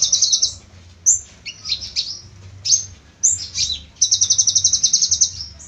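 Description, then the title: Small bird singing high chirps and downslurred whistles, then a fast, steady rattling trill of about a dozen notes, with a low hum beneath. "Burung Kecil"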